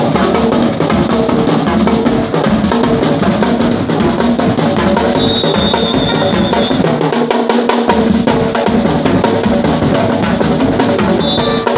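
A brass band plays at a street birthday party, a thick, loud wash of horns that stays steady throughout with no pauses. Low notes pulse underneath, and a thin high tone rings out briefly around five seconds and again near the end.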